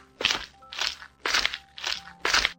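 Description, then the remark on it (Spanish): A little sheep quickly gobbling a carrot given to it by a wolf: five crisp, crackly bites in a steady rhythm, each a short burst of crunching with brief pauses between, moderately loud and with no voices. “La ovejita se zampó la zanahoria tan rápido que le entró hipo.”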